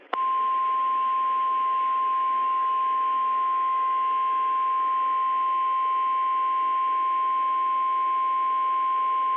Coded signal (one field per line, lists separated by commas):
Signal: Emergency Alert System (SAME) tones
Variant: 1050 Hz attention tone